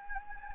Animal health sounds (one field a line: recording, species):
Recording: mosquito wingbeat signal from an infrared sensor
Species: Anopheles gambiae